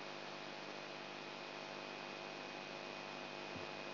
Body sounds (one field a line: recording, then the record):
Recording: brain microelectrode recording played as sound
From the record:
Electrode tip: outside the subthalamic nucleus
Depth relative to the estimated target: -4 mm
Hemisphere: right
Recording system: AlphaMap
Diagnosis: Parkinson's disease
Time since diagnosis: 9 years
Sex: male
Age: 58 years